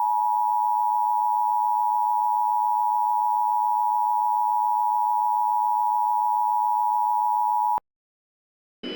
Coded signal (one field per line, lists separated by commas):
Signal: Emergency Alert System (SAME) tones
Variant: 853 and 960 Hz attention tone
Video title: EAS Scenario - Baby Shark